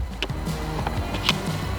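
A Sena 50S Bluetooth intercom module is handled against its helmet mounting plate, producing short, sharp plastic-like taps near 0.2, 0.9 and 1.3 seconds over a steady low background hum. The module has not seated or clicked onto the mount yet.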